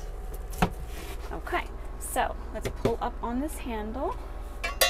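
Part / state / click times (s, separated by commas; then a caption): RV bench seat frame latch in its base / not seated / none. Someone talks while pulling up on a handle of the bench seat in a 2022 Winnebago Boldt 70 BL B-Class RV to convert it, with the seat frame latch sitting in its base. Light clattering runs under the voice, with sharp knocks at about 0.6 s and 4.8 s. Nothing has clicked or seated yet; the latch is still being handled when the clip ends.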